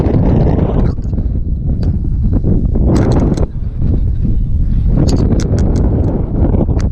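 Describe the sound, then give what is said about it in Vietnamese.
Strong wind roars and buffets the microphone continuously during a mountain climb, a loud low rumble with gusting surges and occasional brief crackles and thumps throughout. “Được, thấy gió nó muốn đẩy tao luôn. Mà gió thổi mạnh quá.”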